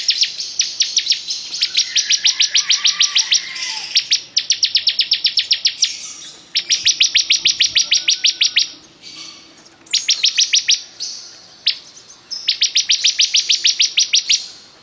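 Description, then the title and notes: Bar-winged prinia song: extended rapid chattering runs of high, sharp notes repeated in long phrases with short breaks. Singing vigorously ('gacor'). "Suara Burung Ciblek Gacor"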